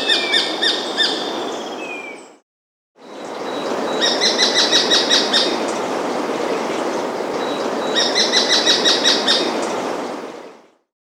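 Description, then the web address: Black-billed treehunter song: bursts of rapid, harsh repeated notes, a brief pause, then a long steady series of clipped notes over a constant background hiss. Andean bird of South America. "Natures Songs S America Andean Birds. Black-Billed Treehunter (Thripadectes Melanorhynchus)"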